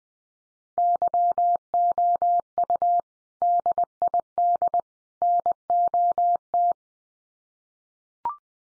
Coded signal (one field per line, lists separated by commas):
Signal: Morse code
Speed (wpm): 20 wpm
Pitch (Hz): 700 Hz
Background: none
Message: YOU DID NOT